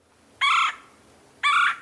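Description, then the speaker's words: Red-bellied Woodpecker cackling call: two harsh notes about a second apart, each short and level in pitch, against a quiet background. Cackling said to sound different from a Pileated Woodpecker's laugh. "Maybe a red-bellied. Their cackling sounds a bit different."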